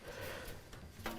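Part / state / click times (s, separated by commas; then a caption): motherboard I/O shield into PC case rear opening / not seated / none. A metal motherboard I/O shield, likely for an MSI B450 board, is pressed into the rear opening of a Gamdias Talos M1 PC case, producing low rubbing and pressing noise with two short knocks at about 0.7 s and 1.1 s. The bottom corner had already snapped in, but the top corner has not seated or clicked yet and still sits not quite flush.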